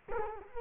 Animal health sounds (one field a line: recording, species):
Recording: mosquito wingbeat signal from an infrared sensor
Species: Culex quinquefasciatus